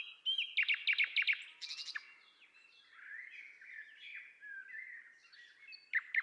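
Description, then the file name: Common nightingale giving quick repeated sharp notes and a buzzy burst, then a softer rambling warble and a final loud chirp. "Luscinia megarhynchos"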